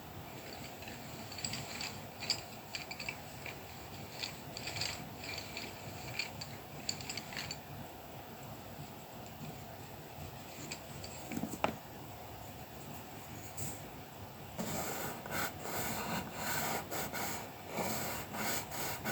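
Coloured pencil work on paper, a continuous scratchy rasp broken by short, quick strokes that come in irregular bursts. Near the middle there is a brief sharper scrape. From about fifteen seconds the rubbing grows denser and brighter, with rapid back-and-forth strokes.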